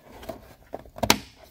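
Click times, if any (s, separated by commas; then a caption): 1.1 s. A plastic clip on the lock linkage of a Modus car door is worked free while the door is taken apart to replace its hinges. Faint taps and rattles come at 0.3, 0.75 and 1.0 seconds, then a sharp click at 1.1 seconds as the clip snaps loose and is released.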